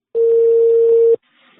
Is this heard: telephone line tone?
yes